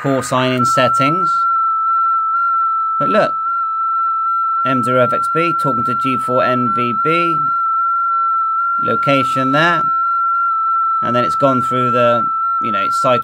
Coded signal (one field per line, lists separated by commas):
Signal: FT8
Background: speech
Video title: R1CBU - FT8 Transmit & Decode X6100 , 2025